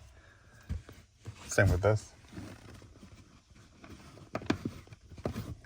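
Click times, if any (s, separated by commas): 4.3 s, 4.5 s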